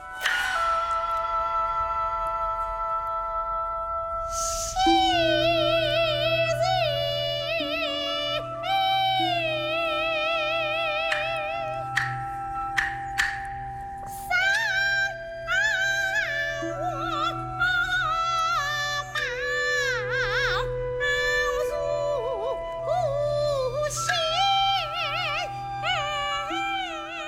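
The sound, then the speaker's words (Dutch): After a few seconds of steady sustained tones, a female singer enters in a traditional regional style, her loud, ornamented melody wavering with heavy vibrato over a continuous droning accompaniment. “Ja, dit is de beroemdste zangeres uit die regio, hè, die dit zingt.”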